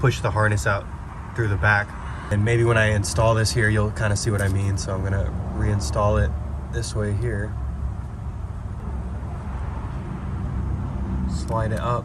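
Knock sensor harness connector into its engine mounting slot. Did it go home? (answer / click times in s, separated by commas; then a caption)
no / none. A knock sensor harness connector for a Toyota 3.3L 3MZ-FE engine is positioned and lined up at its engine mounting slot, ready to be slid up, while someone talks over low, steady vehicle-like background noise. Nothing has clicked into place yet.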